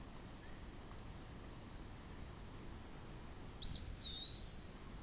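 Eastern wood-pewee song: a single clear, slurred whistle that rises, dips, then levels off in a long drawn-out tone, over steady low background hiss.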